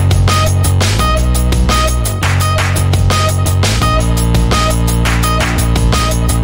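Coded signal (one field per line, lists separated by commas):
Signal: none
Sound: electronic music beats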